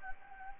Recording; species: mosquito wingbeat signal from an infrared sensor; Anopheles gambiae